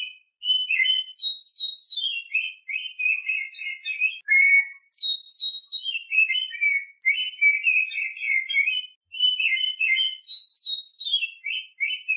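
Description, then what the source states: Oriental magpie-robin song, nearly continuous: sweet whistles sliding downward into rapid, scratchy warbles, phrases repeating every couple of seconds with only tiny breaks. Champion songbird.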